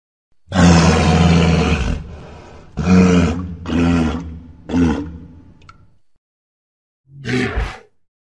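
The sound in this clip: Walrus bellowing: a long, low, harsh roar followed by three shorter grunting bursts, a pause, then one brief rasping call.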